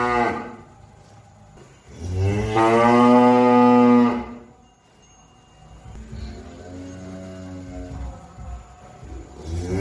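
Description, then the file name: Cow giving one loud, long moo of about two seconds between quieter lowing sounds. "suara sapi"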